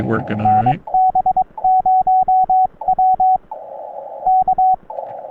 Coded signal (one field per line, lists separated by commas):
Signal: Morse code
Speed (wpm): 22 wpm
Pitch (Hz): 750 Hz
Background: speech, radio noise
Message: NB0W K